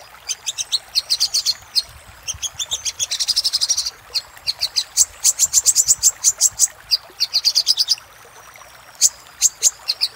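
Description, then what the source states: Little spiderhunter song: bursts of rapid, high, sharp chipping notes, some runs fast and trilled, others slower and evenly spaced, with brief pauses between phrases. Master recording for training cage birds, little spiderhunter in the labaik song style.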